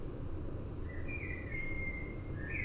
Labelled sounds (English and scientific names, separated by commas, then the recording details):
Common Blackbird (Turdus merula)
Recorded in Germany
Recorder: ecoPi